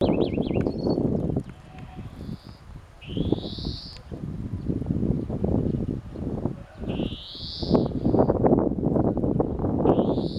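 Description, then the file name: European greenfinch wheezing calls: drawn-out rising nasal notes repeated every few seconds, heard over loud low rumbling noise. "Chloris chloris"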